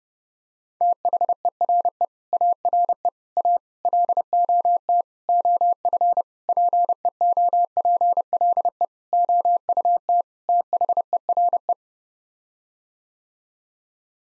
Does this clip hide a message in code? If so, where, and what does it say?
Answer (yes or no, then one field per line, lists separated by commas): yes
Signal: Morse code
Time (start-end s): 0.8-11.7 s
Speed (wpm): 30 wpm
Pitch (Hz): 700 Hz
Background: none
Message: THERE ARE A LOT OF PEOPLE OUT THERE